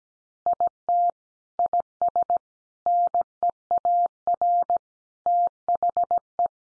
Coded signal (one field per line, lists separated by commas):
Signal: Morse code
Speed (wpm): 17 wpm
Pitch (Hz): 700 Hz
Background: none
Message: IT IS NEAR THE